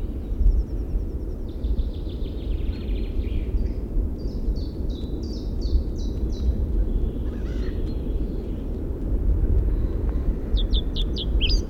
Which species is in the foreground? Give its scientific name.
Sylvia atricapilla